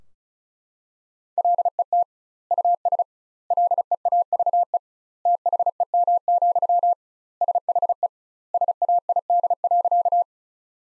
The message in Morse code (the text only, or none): LET US LEAVE THEM, SHE SAID.